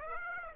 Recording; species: mosquito wingbeat signal from an infrared sensor; Aedes aegypti